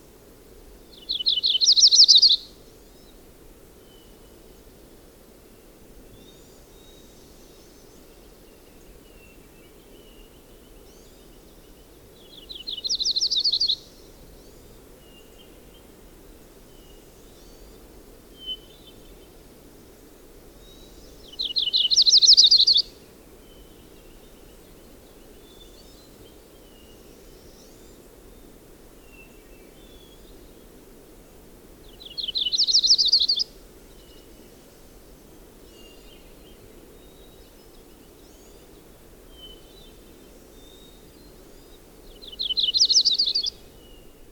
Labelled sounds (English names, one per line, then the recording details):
Yellow-rumped Warbler song
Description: Audubon's Warbler song recorded on the Fern Lake Trail of Rocky Mountain National Park
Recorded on 10 June 2015